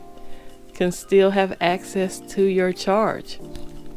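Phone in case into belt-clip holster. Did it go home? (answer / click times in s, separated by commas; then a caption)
no / none. A Motorola Razr 2022 phone in a case is handled at a plastic belt-clip holster with a retaining lip while someone talks over background music. Nothing has seated or clicked into the holster yet.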